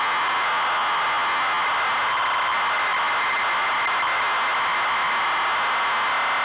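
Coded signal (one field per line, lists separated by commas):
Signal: ZX Spectrum tape loading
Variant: ZX Spectrum +2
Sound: continuous harsh rasping buzz of data loading, no lead tone heard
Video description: Loading of game Underwurlde on real ZX spectrum +2 with RGB link.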